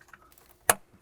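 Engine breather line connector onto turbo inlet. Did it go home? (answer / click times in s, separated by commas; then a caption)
yes / 0.7 s. An engine breather line quick connector is pressed onto the turbo inlet of a 2020–2024 BMW G01 X3 / G02 X4 M40i with the B58TU engine, and its small side locking piece is engaged. Faint ticks and light handling sounds lead up to one sharp, firm click at 0.7 s, followed by a small tick near the end. The connector is seated.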